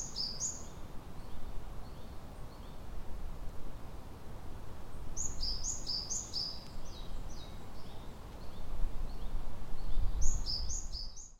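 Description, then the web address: Japanese tit giving bursts of quick, high two-note phrases, first briefly, then a longer run midway and another near the end, with constant low rumble throughout. Recorded at Kotori no mori on 30 April 2018. "kotorinomori 180430 kotori sijukara 180430"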